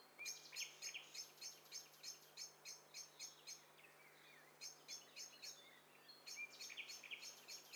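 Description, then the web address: Several birds calling at once: rapid rows of clipped, high chirps repeating a few times per second, pausing briefly midway, with softer squeaky notes from another bird underneath. "Hi Fi STEREO BIRD COCKTAIL PARTY Challenge"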